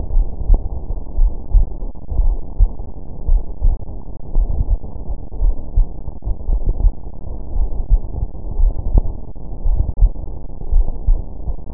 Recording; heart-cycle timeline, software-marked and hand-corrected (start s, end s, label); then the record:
heart sounds
0.00	0.12	diastole
0.12	0.26	S1
0.26	0.48	systole
0.48	0.60	S2
0.60	1.18	diastole
1.18	1.32	S1
1.32	1.54	systole
1.54	1.66	S2
1.66	2.16	diastole
2.16	2.34	S1
2.34	2.58	systole
2.58	2.70	S2
2.70	3.30	diastole
3.30	3.42	S1
3.42	3.64	systole
3.64	3.76	S2
3.76	4.36	diastole
4.36	4.48	S1
4.48	4.68	systole
4.68	4.78	S2
4.78	5.40	diastole
5.40	5.54	S1
5.54	5.76	systole
5.76	5.86	S2
5.86	6.48	diastole
6.48	6.60	S1
6.60	6.80	systole
6.80	6.92	S2
6.92	7.54	diastole
7.54	7.68	S1
7.68	7.92	systole
7.92	8.02	S2
8.02	8.58	diastole
8.58	8.72	S1
8.72	8.94	systole
8.94	9.06	S2
9.06	9.66	diastole
9.66	9.78	S1
9.78	10.00	systole
10.00	10.12	S2
10.12	10.72	diastole
10.72	10.86	S1
10.86	11.08	systole
11.08	11.20	S2
11.20	11.74	diastole
From the record:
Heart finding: coronary artery disease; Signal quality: good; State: rest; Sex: female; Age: 56 years